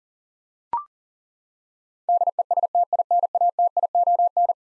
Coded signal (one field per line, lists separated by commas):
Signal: Morse code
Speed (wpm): 40 wpm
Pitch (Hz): 700 Hz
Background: none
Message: DESTINATION